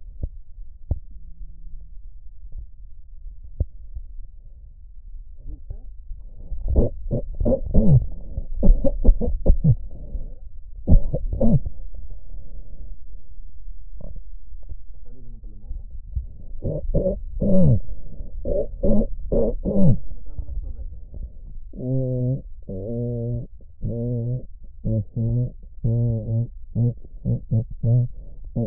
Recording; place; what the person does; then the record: lung sounds by stethoscope; right posterior apical chest; quiet breathing, then cough and speech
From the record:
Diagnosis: pulmonary infection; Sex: male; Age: 86 years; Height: 165 cm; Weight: 65 kg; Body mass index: 23.9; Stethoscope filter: extended mode